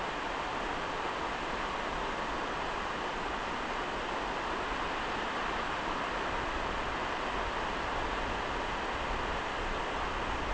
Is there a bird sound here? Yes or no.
no